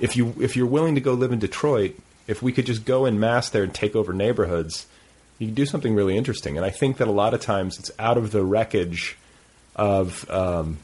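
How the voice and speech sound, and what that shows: An adult man speaks fluently in a conversational style, with a low-to-middle pitch, varied intonation and short natural pauses between phrases. His voice is clear, with no hoarseness or slurring. Ordinary speech in a small, quiet room.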